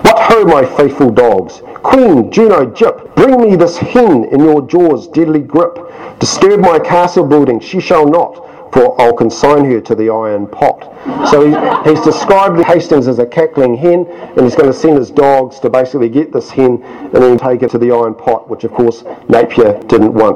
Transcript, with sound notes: What ho, my faithful dogs Queen, Juno, Gyp Bring me this hen In your jaws’ deadly grip Disturb my castle building she shall not For I’ll consign her to the iron pot” [Laughter] So he’s describing Hastings as a cackling hen, and he’s going to send his dogs to basically get this hen and then take it to the iron pot, which of course Napier didn’t want.